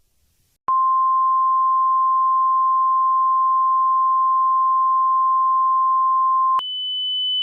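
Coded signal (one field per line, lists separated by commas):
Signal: Emergency Alert System (SAME) tones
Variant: 1050 Hz attention tone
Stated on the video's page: Fictional EAS scenario about evil baby turtles attacking San Francisco.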